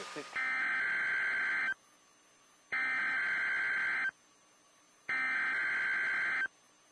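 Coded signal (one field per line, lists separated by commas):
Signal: Emergency Alert System (SAME) tones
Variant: header bursts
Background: speech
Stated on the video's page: Required Weekly Tests received on NOAA Weather Radio.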